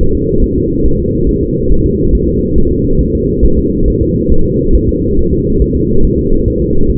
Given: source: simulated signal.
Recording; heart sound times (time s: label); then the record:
fetal heart sounds
0.01 s: S1
0.15 s: S2
0.44 s: S1
0.58 s: S2
0.86 s: S1
1.00 s: S2
1.29 s: S1
1.43 s: S2
1.72 s: S1
1.86 s: S2
2.15 s: S1
2.29 s: S2
2.58 s: S1
2.72 s: S2
3.01 s: S1
3.15 s: S2
3.45 s: S1
3.59 s: S2
3.88 s: S1
4.02 s: S2
4.32 s: S1
4.46 s: S2
4.75 s: S1
4.89 s: S2
5.19 s: S1
5.33 s: S2
5.62 s: S1
5.76 s: S2
6.05 s: S1
6.19 s: S2
6.48 s: S1
6.62 s: S2
6.90 s: S1
From the record:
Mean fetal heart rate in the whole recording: 140 bpm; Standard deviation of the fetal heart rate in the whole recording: 2 bpm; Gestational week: 34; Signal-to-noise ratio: -17.7 dB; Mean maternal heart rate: 72 bpm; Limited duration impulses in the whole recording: present